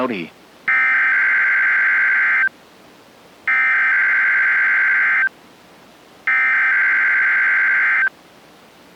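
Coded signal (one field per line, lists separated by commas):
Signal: Emergency Alert System (SAME) tones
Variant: header bursts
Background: speech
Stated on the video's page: Required weekly test heard on NOAA weather radio transmitter in Plainwell, Michigan, originating from the National Weather Service in Grand Rapids.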